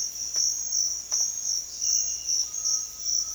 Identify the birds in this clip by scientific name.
Crypturellus undulatus